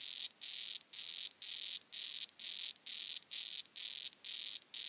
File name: Ranitomeya reticulata calling